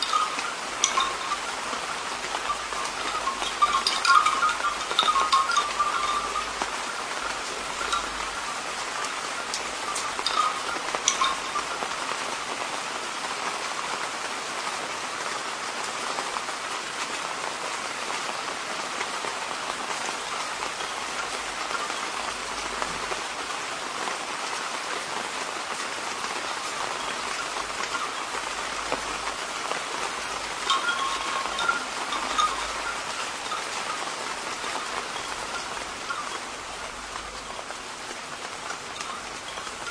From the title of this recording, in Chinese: 竹林下雨声